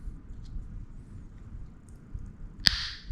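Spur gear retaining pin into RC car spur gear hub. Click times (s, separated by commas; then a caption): 2.7 s. A spur gear retaining pin on a Traxxas 4Tec 2.0 brushless RC car drivetrain, fitted during an optional speed gearing installation, is lined up with the groove in the spur gear hub and pulled into place. Over a low, quiet background rumble with a faint tick near 1.9 s, a single sharp, bright snap rings out at 2.7 s and trails off with a brief metallic ring. The pin is confirmed seated in the spur gear hub.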